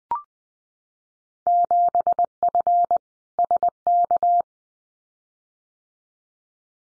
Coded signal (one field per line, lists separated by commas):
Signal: Morse code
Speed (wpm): 20 wpm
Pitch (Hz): 700 Hz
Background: none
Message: 7F SK